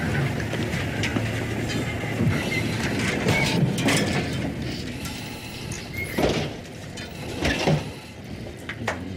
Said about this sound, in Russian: Они вошли в лифт, в котором также родители Патрика. И вот они все вместе едут.